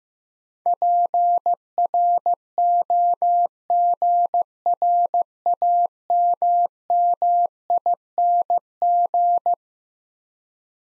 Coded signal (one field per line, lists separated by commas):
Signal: Morse code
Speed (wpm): 15 wpm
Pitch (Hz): 700 Hz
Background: none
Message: PROGRAMMING